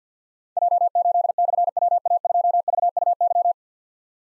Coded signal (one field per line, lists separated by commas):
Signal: Morse code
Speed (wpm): 49 wpm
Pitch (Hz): 700 Hz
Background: none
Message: J8/WA2VUY